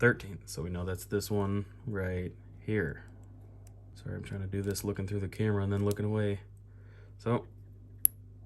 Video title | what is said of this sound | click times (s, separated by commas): How To: P71 Message Center Cluster Swap - Crown Vic/Grand Marquis | get it in you hear that little click | 8.1 s